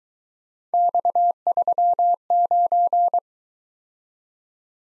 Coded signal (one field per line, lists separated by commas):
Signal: Morse code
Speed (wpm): 22 wpm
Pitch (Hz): 700 Hz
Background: none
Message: X39